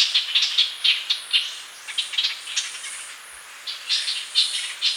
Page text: Ochraceous Bulbul Calls. Quick Sounds